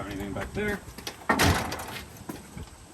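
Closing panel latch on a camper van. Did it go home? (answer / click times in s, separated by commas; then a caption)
no / none. A panel on a camper van is handled as it is being closed back up while someone talks, with a loud bump at about 1.3 s and softer knocks near 1.1 s and 2.3 s. Nothing has seated or clicked yet; the panel latch has not snapped into place by the end of the clip.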